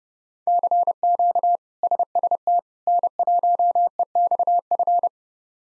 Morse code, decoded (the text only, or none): CQ SST N1EXF